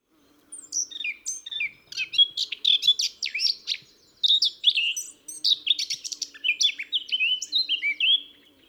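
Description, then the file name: Eurasian blackcap delivering rapid warbling of mixed chattering notes and clear whistles, over a faint low background hum. "Sylvia atricapilla"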